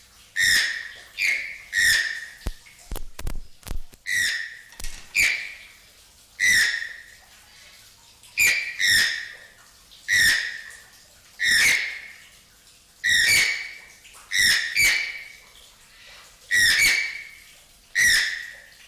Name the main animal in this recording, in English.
Channel-billed Toucan